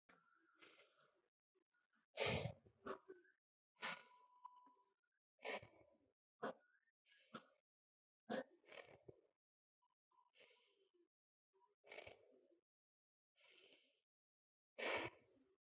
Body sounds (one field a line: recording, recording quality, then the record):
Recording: deep breathing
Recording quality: excellent, no background noise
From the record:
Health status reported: healthy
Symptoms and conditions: none ticked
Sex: female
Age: 23 years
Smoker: not ticked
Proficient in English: yes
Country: India